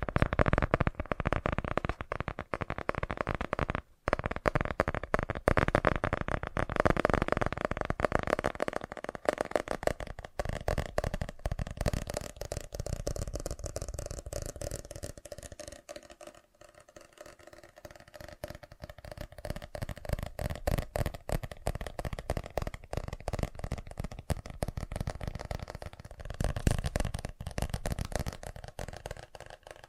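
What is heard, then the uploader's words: Fast tapping runs almost without pause, a dense, rapid patter of small clicks that sounds a little like cards being shuffled. It stops for an instant near four seconds, thins and softens around sixteen seconds, then builds back to a busy, steady rattle. FAST TAPPING (No Talking).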